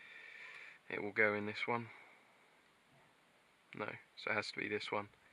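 Someone talks while handling a wiring plug at the back of a Sony XAV-AX1000 head unit being fitted into an Audi A3 8P with a Connects2 kit, after trying the wrong socket and moving to the right one. Two bursts of speech are separated by a quiet pause. The plug has not seated or clicked in yet.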